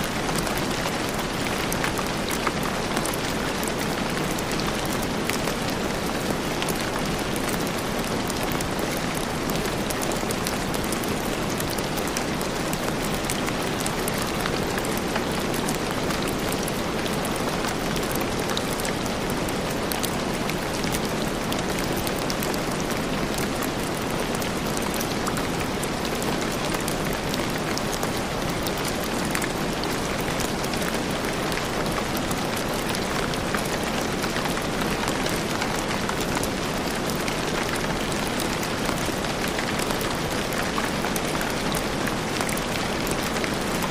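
Heavy rain pours down in a steady, dense wash of hiss that never lets up or changes over the whole stretch. Countless drops blur together into a full, even roar, with no distinct events or other sounds standing out.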